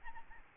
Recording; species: mosquito wingbeat signal from an infrared sensor; Aedes albopictus